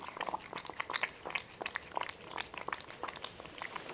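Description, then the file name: Cat eating sounds: rapid irregular clicks and crunches of chewing, dense and continuous, with brief louder bites scattered throughout. Two cats eating. "Boris and Ivo two Cats are eating"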